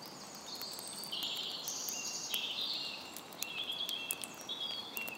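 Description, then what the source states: Birdsong of high, clear whistled notes and short trills, with a soft steady hiss and scattered ticking drops of light rain. Birds singing in April during quiet rain.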